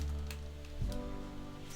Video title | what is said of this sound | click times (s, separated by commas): HG Kobu-Kai (Sakura Shinguji Type) LIVE BUILD! | snap into place here but seems a bit iffy | 0.3 s